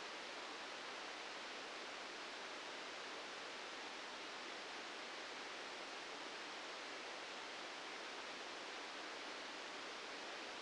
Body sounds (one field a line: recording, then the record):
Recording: brain microelectrode recording played as sound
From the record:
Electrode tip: outside the subthalamic nucleus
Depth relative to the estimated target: 2 mm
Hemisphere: left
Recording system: NeuroSet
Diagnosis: Parkinson's disease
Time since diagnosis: 13 years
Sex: male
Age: 65 years